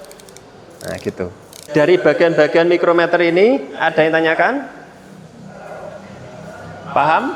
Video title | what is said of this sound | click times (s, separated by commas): PPL 2 PPG DALJAB ANGKATAN 3 TAHUN 2023 (VIDIO 1) | klik atau tik tergantung mikrometernya dengar kan nah | 0.0 s, 0.1 s, 0.2 s, 0.3 s, 0.4 s